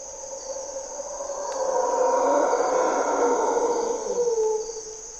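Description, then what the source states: Mantled howler monkeys howl in a rising, swelling roar that peaks midway and then subsides, over persistent high insect noise. Mantled howler monkeys (Monos Congos) waking the jungle at morning twilight, Parque Nacional Corcovado, Osa Peninsula, Costa Rica; primary hardwood forest, deep river valley; grunts and calls.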